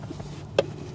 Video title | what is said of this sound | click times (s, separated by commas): 2014 - 2020 ACURA MDX CABIN AIR FILTER REPLACEMENT - EASY DIY! | it'll just click into place and then finally we just Line This access door back up down below | 0.6 s